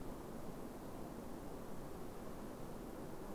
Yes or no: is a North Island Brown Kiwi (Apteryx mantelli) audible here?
no